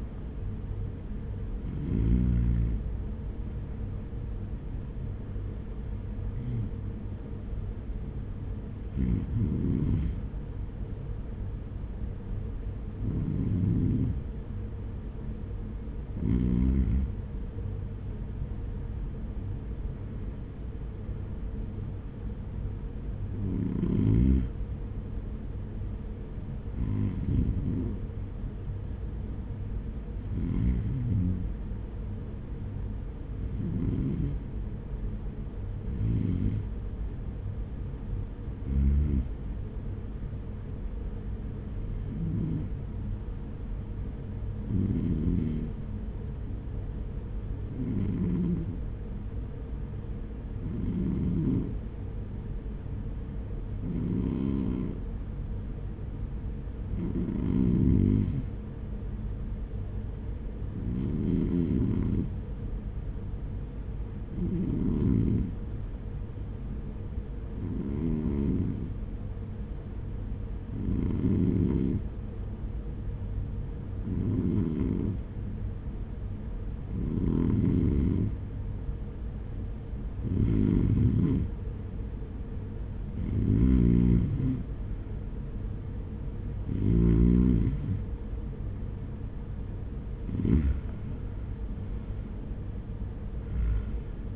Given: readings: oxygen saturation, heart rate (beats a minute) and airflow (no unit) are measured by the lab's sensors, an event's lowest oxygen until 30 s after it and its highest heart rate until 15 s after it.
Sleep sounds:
breathing in sleep by a smartphone at the bedside; 1
28.00-85.40 s: hypopnea (REM, oxygen 97% highest, then 92% lowest, heart rate 58 at the start, 69 highest)
From the record:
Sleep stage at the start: REM sleep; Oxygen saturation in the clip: 93 to 97%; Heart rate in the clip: 54 to 64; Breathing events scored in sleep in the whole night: 210 in 6.9 hours asleep

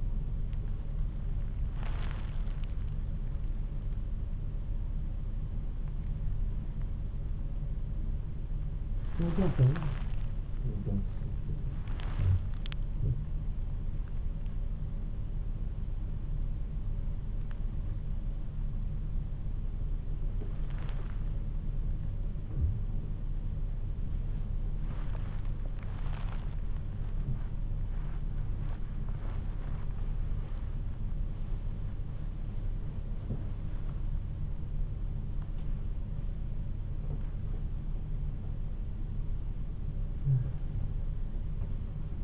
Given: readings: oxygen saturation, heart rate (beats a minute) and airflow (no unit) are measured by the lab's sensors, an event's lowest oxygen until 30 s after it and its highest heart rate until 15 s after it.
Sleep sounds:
a person awake in a sleep study, by a smartphone at the bedside; none
0.00-42.24 s: awake
From the record:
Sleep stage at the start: awake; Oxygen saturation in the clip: 94 to 96%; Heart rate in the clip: 59 to 65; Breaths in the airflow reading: 11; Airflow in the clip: -4.9 to 8.9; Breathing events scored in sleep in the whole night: 388 in 6.5 hours asleep

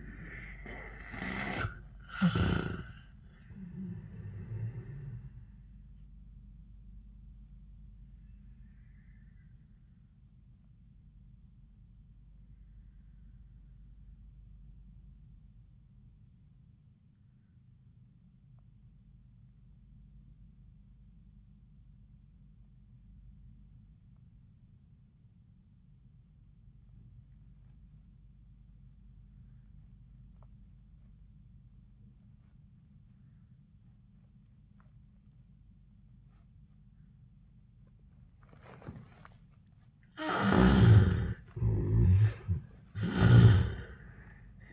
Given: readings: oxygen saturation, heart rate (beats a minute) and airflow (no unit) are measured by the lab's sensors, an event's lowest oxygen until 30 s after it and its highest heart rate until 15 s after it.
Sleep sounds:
breathing in sleep by a smartphone at the bedside; 1
10.00-40.30 s: obstructive apnea (N2, oxygen 94% highest, then 71% lowest, heart rate 85 at the start, 91 highest)
39.00-44.73 s: new sleep stage, N1 (lightest sleep)
From the record:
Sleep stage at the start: N2 (light sleep); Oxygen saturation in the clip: 71 to 94%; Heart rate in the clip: 78 to 90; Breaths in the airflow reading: 2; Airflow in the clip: -26.3 to 13.2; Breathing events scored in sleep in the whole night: 400 in 8.7 hours asleep

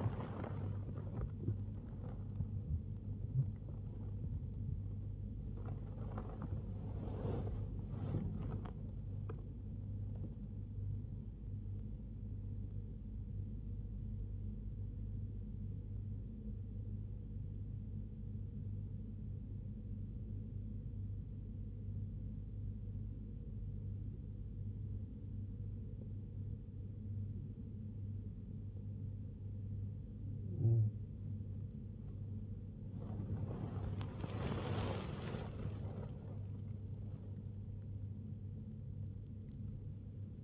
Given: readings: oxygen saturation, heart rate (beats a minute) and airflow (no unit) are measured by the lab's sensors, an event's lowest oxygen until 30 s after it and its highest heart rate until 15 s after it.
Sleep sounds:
breathing in sleep by a smartphone at the bedside; 1
16.00-30.50 s: hypopnea (N1, oxygen 95% highest, then 92% lowest, heart rate 74 at the start, 82 highest)
From the record:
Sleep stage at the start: N1 (lightest sleep); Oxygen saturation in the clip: 92 to 95%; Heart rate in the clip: 66 to 82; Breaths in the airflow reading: 9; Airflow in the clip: -5.7 to 3.5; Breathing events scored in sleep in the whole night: 101 in 7.3 hours asleep

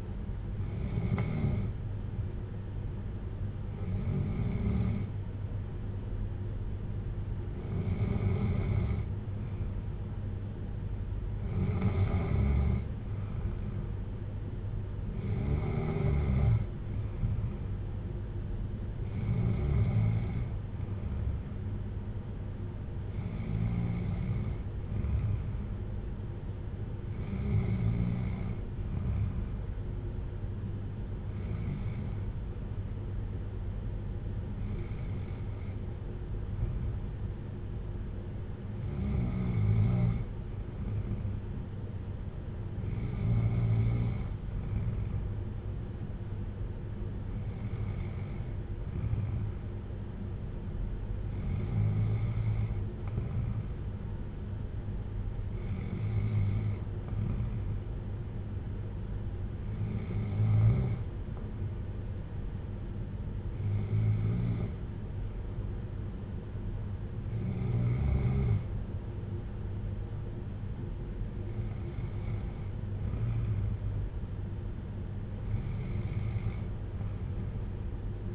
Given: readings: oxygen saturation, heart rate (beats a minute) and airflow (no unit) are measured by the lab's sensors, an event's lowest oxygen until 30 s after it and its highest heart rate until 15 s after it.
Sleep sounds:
breathing in sleep by a smartphone at the bedside; none
none scored
From the record:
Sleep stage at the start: N2 (light sleep); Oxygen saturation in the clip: 93 to 95%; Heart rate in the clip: 55 to 62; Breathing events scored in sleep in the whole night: 310 in 8.1 hours asleep

